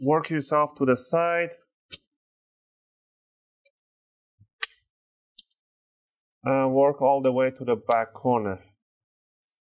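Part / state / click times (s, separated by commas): bottom cover retaining clips on laptop palm rest / released / 4.6 s, 5.4 s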